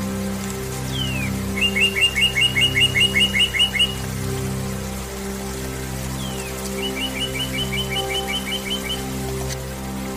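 Meditation music holds steady, low sustained tones throughout under a faint, even hiss like rain. A bird sings twice over it, a quick upward slur and then a bright trill of evenly spaced notes, around 1–4 seconds and again around 6.5–9 seconds.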